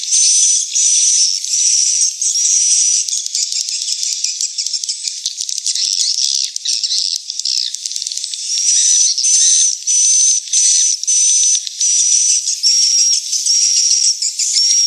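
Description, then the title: Swiftlet calls: a crowded chorus of ticking rattles and chirps, then more regular high whistled notes broken by short gaps. Swiftlet house lure sound from the AKAU brand, Tien Giang, Vietnam. "Am thanh nha yen Akau Vietnam - Tien giang"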